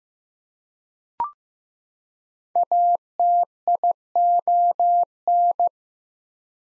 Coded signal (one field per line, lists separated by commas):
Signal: Morse code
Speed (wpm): 15 wpm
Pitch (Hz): 700 Hz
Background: none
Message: ATION